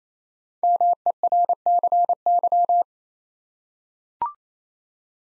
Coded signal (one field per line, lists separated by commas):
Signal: Morse code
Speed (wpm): 29 wpm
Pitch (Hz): 700 Hz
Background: none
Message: MERCY